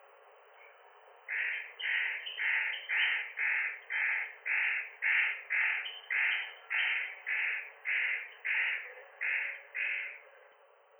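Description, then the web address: Spotted nutcracker giving a long series of harsh, rasping caw-like notes, about sixteen in steady rhythm, roughly two each second, over a faint hiss. Recorded at Osado on 7 June 2017. "koe hoshigarasu 170607 osado"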